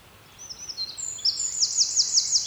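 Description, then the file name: Eurasian wren song, a fast, very high-pitched trill with rising intensity and clearly repeated sharp notes, delivered in one continuous burst. "Troglodytes troglodytes"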